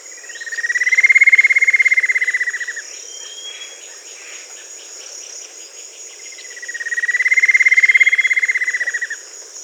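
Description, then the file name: Bird trill: two long pulsed buzzy trills that swell and fade, about six seconds apart, over a steady high drone. "SABIOD 50 bird 2015"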